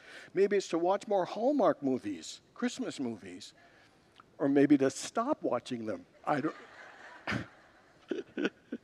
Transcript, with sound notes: Maybe it’s to watch more Hallmark movies. Christmas movies! Or maybe to stop watching them! [Congregants laugh] I don’t know…